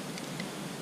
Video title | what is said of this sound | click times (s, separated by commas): Deer Camp, we're back Again | that's the safety clicking | 0.2 s, 0.4 s